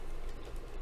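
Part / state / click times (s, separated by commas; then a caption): plastic model piece snapping onto the robot figure body / not seated / none. A plastic piece is slid over another on the body of a Robby the Robot model figure during reassembly. Only a steady, low handling rustle is heard, with no sharp transients. Nothing has snapped into place or clicked yet.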